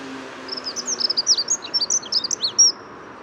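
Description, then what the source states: Dunnock song: a fast, jumbled, high warble of squeaky notes lasting about two seconds, over a background of city traffic. Morning between 8 and 10:30 on 14 February 2019, edge of the Bois de Vincennes; unusually sunny spring-like weather; urban bird keeping to small gardens with cars around; Nagra recorder with Telinga parabolic dish.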